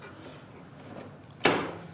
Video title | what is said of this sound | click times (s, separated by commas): How to fix a recliner when the foot rest won't stay down - Easy repair | see how it popped into place and now the handle's locked and so was the foot wrist | 1.4 s